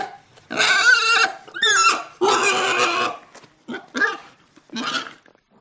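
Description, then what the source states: Pig squealing and grunting: loud, harsh, drawn-out squeals broken by short grunts, several bursts throughout with brief pauses between them. Pig in a barn.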